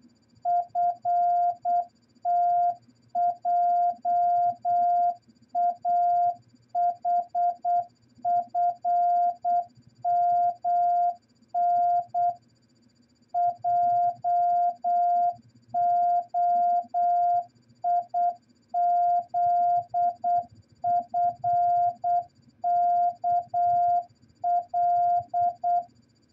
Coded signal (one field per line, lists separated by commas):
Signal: Morse code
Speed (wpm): 8 wpm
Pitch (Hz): 700 Hz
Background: none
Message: FTJAHFMN JOIZFKL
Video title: Morse Code Training At 8 Words Per Minute!